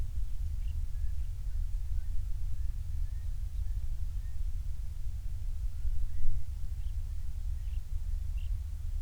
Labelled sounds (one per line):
songbird